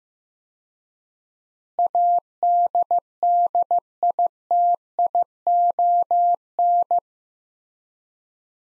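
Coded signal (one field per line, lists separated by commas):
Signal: Morse code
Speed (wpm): 15 wpm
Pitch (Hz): 700 Hz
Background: none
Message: ADDITION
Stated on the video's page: Morse practice at 15 wpm: sets of three words with 4x word-spacing, Farnsworth-like, each sent, spoken, then sent again for head-copy.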